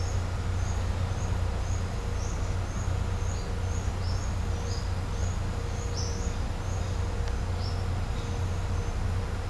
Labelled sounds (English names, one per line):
none